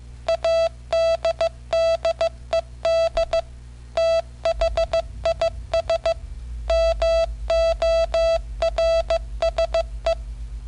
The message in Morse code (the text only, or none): ADDED THIS MORSE